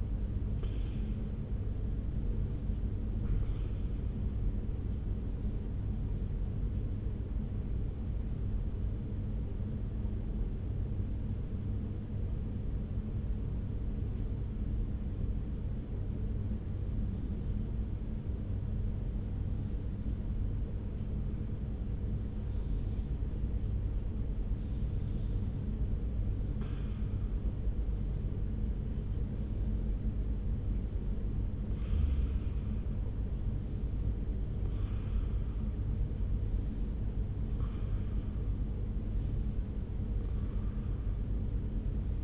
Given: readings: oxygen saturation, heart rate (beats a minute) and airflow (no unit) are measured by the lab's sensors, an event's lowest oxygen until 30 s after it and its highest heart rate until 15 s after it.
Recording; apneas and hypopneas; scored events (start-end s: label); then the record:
breathing in sleep by a smartphone at the bedside; 1
5.00-24.10 s: hypopnea (N2, oxygen 97% highest, then 91% lowest)
From the record:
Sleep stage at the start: N2 (light sleep); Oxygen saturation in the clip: 90 to 97%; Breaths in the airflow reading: 15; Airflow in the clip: -1.4 to 2.3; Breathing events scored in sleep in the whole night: 335 in 6.7 hours asleep